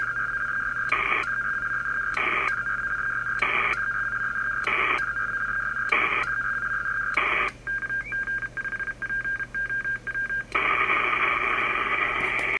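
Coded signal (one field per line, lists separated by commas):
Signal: HF data modem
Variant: PACTOR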